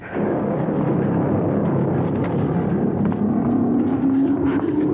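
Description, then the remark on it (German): A rocket launch: a loud, steady roar of deep rumbling engine noise, with a rising whine climbing in pitch during the second half. No voices are heard. “Da, unsere Rakete! Tatsächlich. Die Schweinehunde starten ohne uns.”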